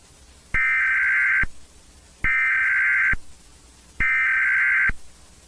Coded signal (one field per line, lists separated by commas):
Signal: Emergency Alert System (SAME) tones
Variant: header bursts